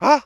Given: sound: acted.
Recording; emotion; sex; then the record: nonverbal affect burst; surprise; male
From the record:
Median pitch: 275 Hz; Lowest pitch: 203 Hz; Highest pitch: 303 Hz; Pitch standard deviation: 30 Hz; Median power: 71.5 dB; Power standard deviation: 16.2 dB